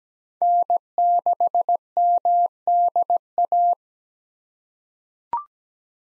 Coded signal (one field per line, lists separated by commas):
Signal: Morse code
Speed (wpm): 17 wpm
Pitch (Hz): 700 Hz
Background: none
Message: N6MDA